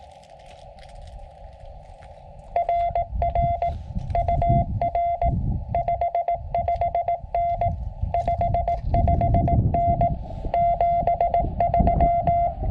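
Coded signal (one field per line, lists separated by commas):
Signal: Morse code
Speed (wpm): 17 wpm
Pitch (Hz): 690 Hz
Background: none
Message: RR UR 55N 55N 73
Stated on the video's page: Summits on the Air activation on a Sonoran Desert summit.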